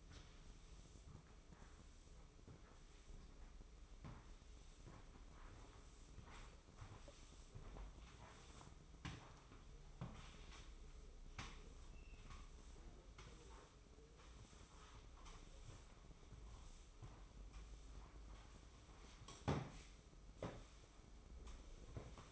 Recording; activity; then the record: daily activity, microphone in the room; sweep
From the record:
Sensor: 1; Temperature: 24.1 degrees Celsius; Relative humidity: 31.5%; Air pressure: 995.9 hPa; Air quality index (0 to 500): 67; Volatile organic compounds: 3 ppm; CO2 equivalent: 1360 ppm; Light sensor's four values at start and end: 28/101/38/39 and 28/94/37/38